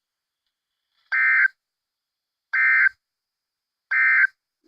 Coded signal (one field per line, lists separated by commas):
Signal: Emergency Alert System (SAME) tones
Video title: EAS 54 - SVR Newton County MS